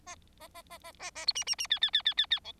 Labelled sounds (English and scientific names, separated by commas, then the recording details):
Bengalese Finch (Lonchura striata domestica) song
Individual Bird4